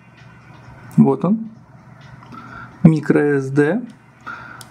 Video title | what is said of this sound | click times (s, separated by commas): EKEN H9 Ultra HD 4K - GearBest обзор | В данном случае у меня здесь легкий щелчок, все зафиксировалось, | 4.6 s